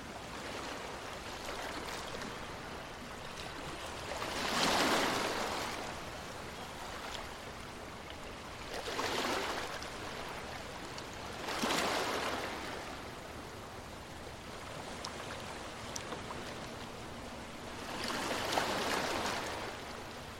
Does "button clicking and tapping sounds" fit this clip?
no